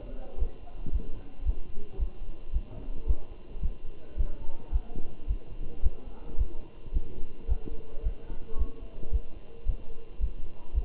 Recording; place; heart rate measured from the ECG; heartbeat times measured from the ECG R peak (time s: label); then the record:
heart sounds by stethoscope; between the tricuspid and mitral areas; 110 bpm
0.40 s: heartbeat
0.94 s: heartbeat
1.47 s: heartbeat
2.01 s: heartbeat
2.54 s: heartbeat
3.08 s: heartbeat
3.63 s: heartbeat
4.19 s: heartbeat
4.74 s: heartbeat
5.29 s: heartbeat
5.84 s: heartbeat
6.39 s: heartbeat
6.95 s: heartbeat
7.50 s: heartbeat
8.05 s: heartbeat
8.59 s: heartbeat
9.13 s: heartbeat
9.67 s: heartbeat
10.22 s: heartbeat
10.75 s: heartbeat
From the record:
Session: Bruce protocol treadmill stress test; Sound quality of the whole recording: good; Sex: male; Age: 27 years